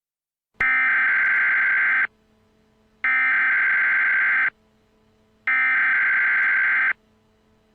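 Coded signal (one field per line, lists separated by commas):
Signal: Emergency Alert System (SAME) tones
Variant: header bursts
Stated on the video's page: Simulated EAS scenario.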